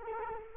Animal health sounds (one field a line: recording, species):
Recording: mosquito wingbeat signal from an infrared sensor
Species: Culex quinquefasciatus